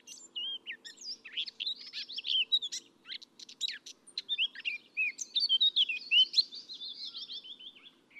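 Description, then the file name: Eurasian blackcap warbling: bursts of quick chattering and clear whistled notes, varied and hurried, with brief gaps between phrases. "Sylvia atricapilla"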